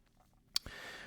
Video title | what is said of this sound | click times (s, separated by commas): Pagani Design PD-1792 GMT (SBGN003G Homage) 4K Watch Review | and it snaps up with a positive click through the left hand portion and the right hand portion | 0.6 s